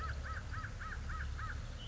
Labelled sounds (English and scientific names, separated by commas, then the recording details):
American Crow (Corvus brachyrhynchos)
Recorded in Sonoma County, California